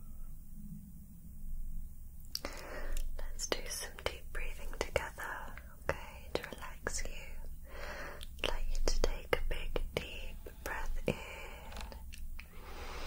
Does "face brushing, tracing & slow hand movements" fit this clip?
yes